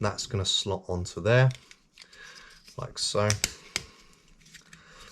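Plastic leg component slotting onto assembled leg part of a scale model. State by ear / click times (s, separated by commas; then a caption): seated / 3.8 s. Plastic component 37a of a scale model leg is slotted onto the previously assembled plastic leg part and pushed until it clicks into place, seated. Someone talks, then small handling taps follow before a sharp click at 3.8 s, with quieter rustling afterward.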